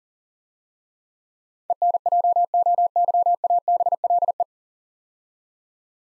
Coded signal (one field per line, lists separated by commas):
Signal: Morse code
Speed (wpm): 39 wpm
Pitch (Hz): 700 Hz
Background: none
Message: ENJOYABLE